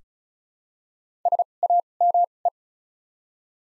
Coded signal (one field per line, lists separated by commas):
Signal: Morse code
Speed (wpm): 36 wpm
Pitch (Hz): 700 Hz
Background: none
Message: S A M E